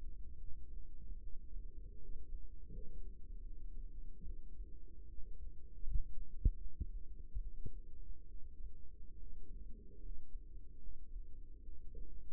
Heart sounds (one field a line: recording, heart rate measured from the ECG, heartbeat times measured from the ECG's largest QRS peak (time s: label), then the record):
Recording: heart sounds by microphone in the right ear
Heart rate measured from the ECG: 75 bpm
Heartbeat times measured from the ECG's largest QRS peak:
0.35 s: heartbeat
1.19 s: heartbeat
1.98 s: heartbeat
2.69 s: heartbeat
3.42 s: heartbeat
4.22 s: heartbeat
5.05 s: heartbeat
5.83 s: heartbeat
6.56 s: heartbeat
7.38 s: heartbeat
8.26 s: heartbeat
9.16 s: heartbeat
10.00 s: heartbeat
10.78 s: heartbeat
11.61 s: heartbeat
From the record:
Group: healthy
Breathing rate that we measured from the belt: 16 breaths a minute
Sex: female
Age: 22 years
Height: 160 cm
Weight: 63 kg